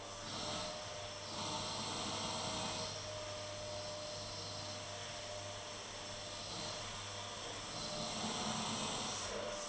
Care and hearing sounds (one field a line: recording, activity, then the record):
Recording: daily activity, microphone in the room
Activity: vacuum cleaning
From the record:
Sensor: 4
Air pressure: 1010.4 hPa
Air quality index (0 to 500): 179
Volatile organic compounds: 5 ppm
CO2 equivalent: 1813 ppm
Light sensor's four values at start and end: 33/98/38/38 and 33/98/38/38